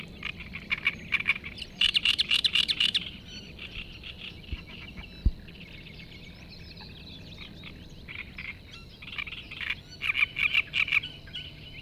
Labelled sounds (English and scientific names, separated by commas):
Great Reed Warbler (Acrocephalus arundinaceus) song